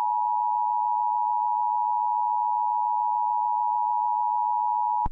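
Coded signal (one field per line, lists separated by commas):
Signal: Emergency Alert System (SAME) tones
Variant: 853 and 960 Hz attention tone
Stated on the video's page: Small fictional EAS scenario about an electrical attack.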